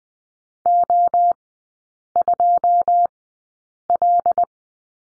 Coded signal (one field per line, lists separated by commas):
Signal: Morse code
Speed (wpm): 20 wpm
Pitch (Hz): 700 Hz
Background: none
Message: O2L